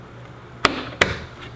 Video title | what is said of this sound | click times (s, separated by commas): How To Build a 12+ Card GPU Nvidia 1080 TI Mining Rig - 8300 sols | gonna snap into place and saying though you're properly situated | 0.7 s, 1.0 s